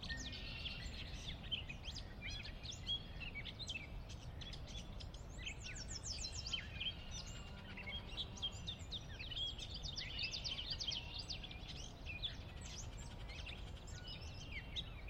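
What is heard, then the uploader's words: Many birds sing and chirp continuously in the valley before dusk, dense bright calls layered over a steady low rumble of outdoor noise. The valley itself is a 16 mile long, 1/2-mile wide glacier-dug trench near the Northeastern slope of the Cascades. Sinlahekin Valley pre-dusk.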